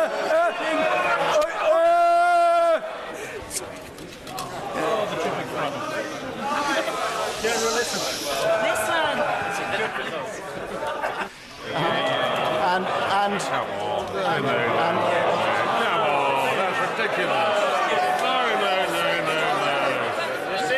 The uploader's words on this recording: House of Commons gather for an indicative vote on 8 alternative plans. This is the sound between the speeches.